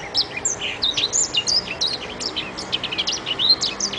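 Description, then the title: Oriental magpie-robin singing a fast, varied run of sharp whistled notes and short slurred chirps, bright and high, flowing without pause. "Kicau Kacer"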